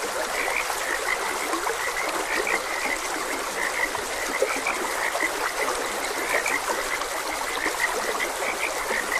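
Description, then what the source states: Frogs in a dense chorus, many overlapping chirping croaks near one pitch band with a few lower notes, over a steady hiss of flowing water. Frogs croaking beside a gentle stream.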